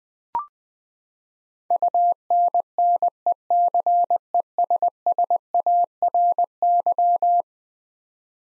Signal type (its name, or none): Morse code